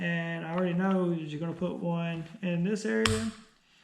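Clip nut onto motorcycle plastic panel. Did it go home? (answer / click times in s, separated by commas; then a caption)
no / none. Someone talks while handling a metal clip nut to push onto a plastic body panel of a 2019 ZX6R during a rear seat and rear foot rest delete. The clip nut has not snapped onto the panel yet; nothing has seated or clicked.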